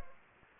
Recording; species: mosquito wingbeat signal from an infrared sensor; Anopheles arabiensis